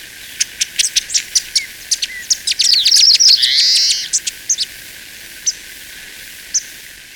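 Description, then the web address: Paramo Pipit song: a run of sharp high ticks leads into a dense, buzzy trilled phrase, followed by a few spaced high notes. Recorded in Ecuador. "Natures Songs S America Birds of Ecuador. Paramo Pipit"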